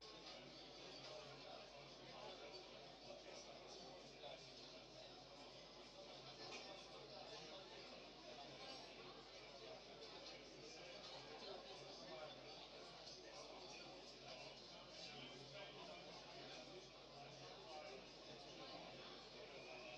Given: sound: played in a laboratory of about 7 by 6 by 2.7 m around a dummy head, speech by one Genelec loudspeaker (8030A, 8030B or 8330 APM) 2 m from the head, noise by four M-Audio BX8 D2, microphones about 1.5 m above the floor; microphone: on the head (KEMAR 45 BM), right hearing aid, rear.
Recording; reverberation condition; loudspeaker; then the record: cafeteria noise; low; four, about 170 cm from the corners of the room and facing them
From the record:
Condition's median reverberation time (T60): about 310 ms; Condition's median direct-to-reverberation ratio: about 3.5 dB